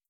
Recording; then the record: hydrophone in a shrimp aquaculture tank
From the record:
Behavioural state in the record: starved